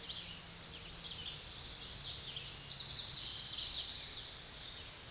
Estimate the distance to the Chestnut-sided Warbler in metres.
about 35 m